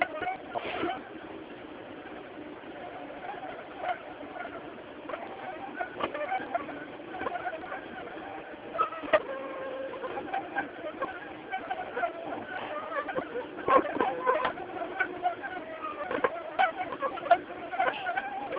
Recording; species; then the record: mosquito flight sound by mobile phone; Aedes aegypti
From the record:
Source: UCD LA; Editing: snipped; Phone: Samsung T209